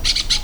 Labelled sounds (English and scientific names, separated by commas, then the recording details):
Brown-throated Parakeet (Eupsittula pertinax) contact call
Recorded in Venezuela
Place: Cerro Saroche, Hato Dalmatela, Edo. Lara
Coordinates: 10.149, -69.534